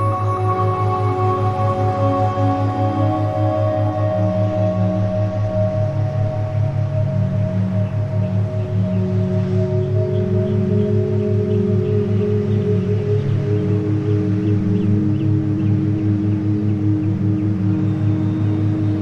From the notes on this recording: wind-swept summer countryside, with ambient sounds and beautiful ambient music